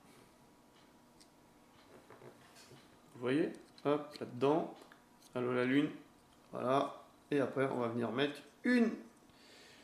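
Someone talks while lining up a plastic part of a 1/8-scale Altaya Bugatti Veyron 16.4 Super Sport model car (issues 27, 28 and 29) by hand, positioning it before placing it inside the assembly. Only quiet, faint handling noise is heard between the bursts of speech, and nothing has seated or clicked yet.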